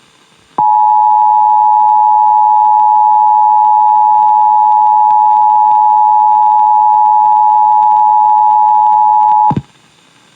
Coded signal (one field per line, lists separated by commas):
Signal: Emergency Alert System (SAME) tones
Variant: 853 and 960 Hz attention tone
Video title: IPAWS Weekly Test (3/7/22)(EAS 1124)